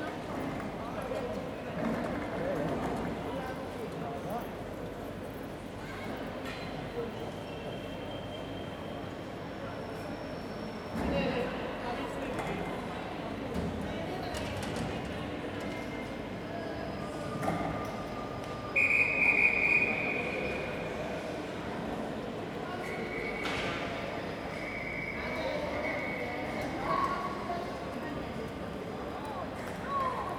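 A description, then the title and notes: A busy railway station concourse hums with a steady, dense murmur of many voices and footsteps, with scattered clicks and knocks throughout. Near the twentieth second a short series of bright beeps sounds, followed later by a thin, sustained squeal as a train moves. All recorded at Newcastle's Central Station. Sandstone ashlar; cast iron posts and brackets to glass canopies.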